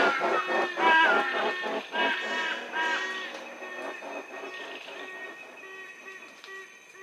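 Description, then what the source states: Yellow-casqued hornbills in a noisy chorus of harsh, honking, harmonic calls, dense at first and thinning to a few spaced notes over a steady high tone. Several birds singing together.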